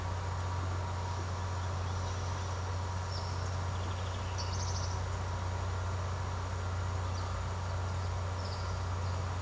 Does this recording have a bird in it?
yes